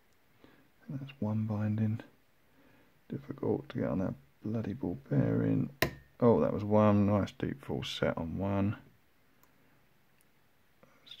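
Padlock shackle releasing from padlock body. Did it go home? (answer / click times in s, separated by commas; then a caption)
released / 11.1 s. Someone talks while picking a tough steel padlock with ball-bearing pins, with faint clicks of tension and picking through the quieter stretches. At 11.1 s a louder, longer hit marks the padlock shackle popping open, and the lock is released.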